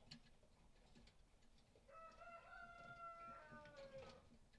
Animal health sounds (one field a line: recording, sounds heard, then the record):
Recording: poultry house recording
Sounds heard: healthy chickens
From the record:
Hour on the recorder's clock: 18